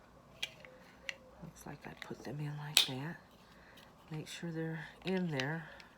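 AA alkaline batteries are handled at the plastic battery compartment of a drip-system garden watering timer, with short sharp taps near 0.4, 0.7 and 1.1 seconds while someone talks. Nothing has seated or clicked into the holder yet.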